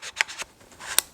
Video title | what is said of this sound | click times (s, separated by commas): Kentfaith K&F adapter ring EOS to GFX | eccolo qua. Questo è il click che devo sentire, che significa che l'obiettivo è chiuso, è fermo, bloccato, non si muove più. | 1.0 s